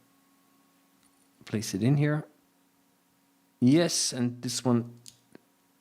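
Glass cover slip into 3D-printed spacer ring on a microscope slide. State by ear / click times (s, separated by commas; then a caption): seated / 5.3 s. A round glass cover slip is pushed into a 3D-printed plastic spacer ring on a microscope slide while someone talks. A short, sharp snap at 5.4 s marks the cover glass seating fully in the ring, with a little wiggle room left.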